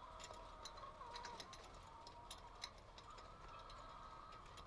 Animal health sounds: poultry house recording; healthy chickens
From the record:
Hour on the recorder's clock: 1

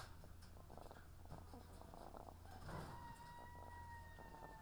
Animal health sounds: poultry house recording; sick chickens (respiratory disease)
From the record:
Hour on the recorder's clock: 17

